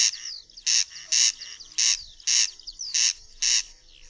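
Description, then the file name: Corn crake giving harsh, rasping crex notes in loose pairs, with thin whistled notes from another bird between them. "derkacz"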